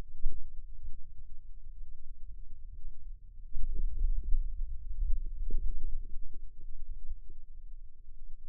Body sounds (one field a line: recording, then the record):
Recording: forearm muscle sounds (acoustic myography)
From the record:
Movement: wrist extension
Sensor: system 2, bracelet of six BSWA MPA416 microphones around the upper forearm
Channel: 5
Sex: male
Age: 22 years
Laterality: right